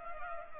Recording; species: mosquito wingbeat signal from an infrared sensor; Culex pipiens